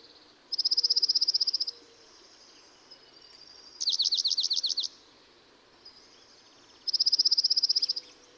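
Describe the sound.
Dark-eyed Junco singing three trills about three seconds apart: a fast level high trill, then a trill of slurred notes, then the level trill again.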